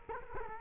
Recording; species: mosquito wingbeat signal from an infrared sensor; Culex quinquefasciatus